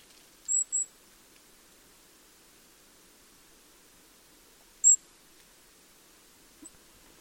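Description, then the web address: Bird calls: very short, high, thin whistled notes, a quick pair near the start, one louder note near five seconds and a faint one near the end, against near silence. "cianscape. Deverinetal 2025. Bird Only"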